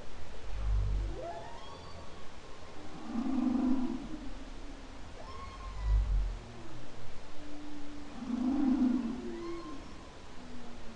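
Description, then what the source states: Humpback whale song: deep pulsed grunts alternate with warbling mid-pitched moans and brief rising whistles, the pattern recurring about every five seconds. Humpback whale song, October 2012.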